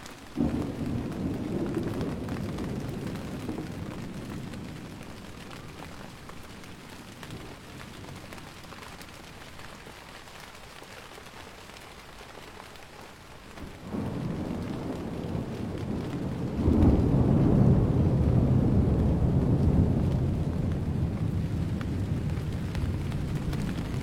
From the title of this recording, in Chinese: 台风带来的狂野雷暴